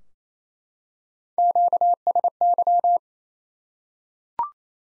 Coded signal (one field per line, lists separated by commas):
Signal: Morse code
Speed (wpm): 27 wpm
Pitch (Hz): 700 Hz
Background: none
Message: QSY